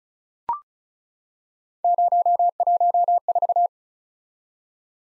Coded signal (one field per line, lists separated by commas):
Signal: Morse code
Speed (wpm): 36 wpm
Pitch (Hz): 700 Hz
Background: none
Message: 014